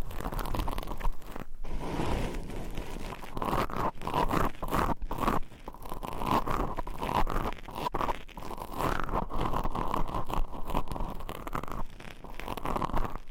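Nails scratch across microphones and mic covers in a dense, continuous rasping texture that fills the low and middle range. The scratching comes in quick strokes with brief gaps, crunchy and crinkly in places, holding a fairly steady level throughout.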